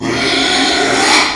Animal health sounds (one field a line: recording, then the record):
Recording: squeal of a Yucatan mini pig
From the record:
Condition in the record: after surgery on the right vocal fold (resection and tissue-engineered implant)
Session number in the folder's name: 2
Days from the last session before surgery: 13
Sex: male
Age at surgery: 12 weeks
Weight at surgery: 13 kg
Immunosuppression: cyclosporine, prednisolone